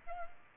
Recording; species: mosquito wingbeat signal from an infrared sensor; Aedes aegypti